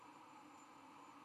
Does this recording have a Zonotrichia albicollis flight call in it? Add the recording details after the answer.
no. No flight call is heard. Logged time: 00:42 on 12 November 2014